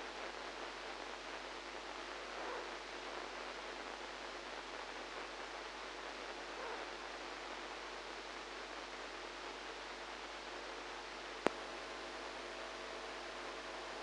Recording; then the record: brain microelectrode recording played as sound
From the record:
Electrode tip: inside the subthalamic nucleus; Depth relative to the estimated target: -3 mm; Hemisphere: right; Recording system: NeuroSet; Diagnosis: Parkinson's disease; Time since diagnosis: 8 years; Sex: female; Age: 45 years